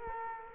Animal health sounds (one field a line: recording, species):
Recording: mosquito wingbeat signal from an infrared sensor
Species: Culex quinquefasciatus